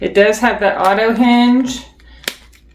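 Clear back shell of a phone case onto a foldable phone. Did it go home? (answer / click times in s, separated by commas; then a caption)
yes / 2.3 s. Someone talks, and then at 2.3 s a single sharp snap is heard as the clear plastic back piece of a SUPCASE rugged case is pressed onto a dummy Galaxy Z Fold 8 Ultra foldable phone and clips home. The back shell is seated in place.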